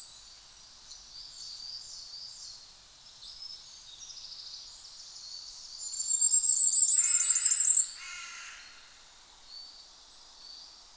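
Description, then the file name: Common firecrest gives a short burst of high, rapid notes, while other birds chirp and a lower, harsher call sounds beneath. "tuzesfeju kiralyka Regulus ignicapilla"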